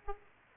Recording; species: mosquito wingbeat signal from an infrared sensor; Aedes aegypti